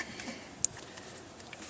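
On a 2000 Ford Contour drum brake, a brake return spring is stretched against its tension until its steel hook drops into its hole in the brake shoe. A single sharp metallic click at 0.6 s stands out above faint background noise and a few soft taps. The spring hook is seated and in place.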